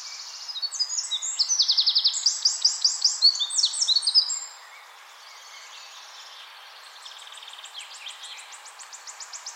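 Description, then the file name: Eurasian wren song: a rapid, high, tumbling run of sharp trills and twitters lasting about four seconds, then a fainter second burst of similar trilling near the end. "Troglodytes troglodytes"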